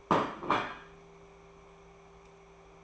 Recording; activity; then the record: daily activity, microphone in the room; place plate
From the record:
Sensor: 1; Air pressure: 1015.1 hPa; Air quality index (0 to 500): 199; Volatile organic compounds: 24 ppm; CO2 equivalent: 2822 ppm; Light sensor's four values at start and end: 11/26/10/11 and 11/26/10/11